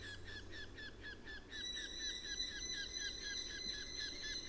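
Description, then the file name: Eurasian hobby: a hurried series of sharp, piping notes, about three a second. Adult perched in a tree. "Eurasian Hobby Calls From Adult Perched In Tree"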